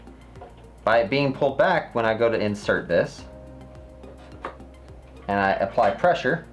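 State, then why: Not seated. A RAM module is handled at a motherboard DIMM slot with the slot latch pulled back, ready to be pressed down into place. Someone talks throughout, with a sharp short tick near 4.5 s and soft background tones. Nothing has seated or clicked yet.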